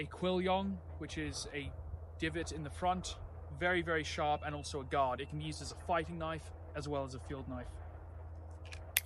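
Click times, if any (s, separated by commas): 9.0 s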